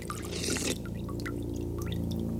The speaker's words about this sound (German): Ein See. Ein unterirdischer See in einer Höhle.